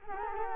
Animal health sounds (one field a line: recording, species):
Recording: mosquito wingbeat signal from an infrared sensor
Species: Culex quinquefasciatus